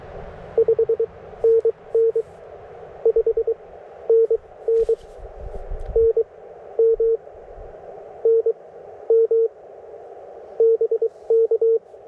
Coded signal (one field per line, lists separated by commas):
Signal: Morse code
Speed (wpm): 23 wpm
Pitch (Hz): 450 Hz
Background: none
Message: 5NN 5NN NM NM BK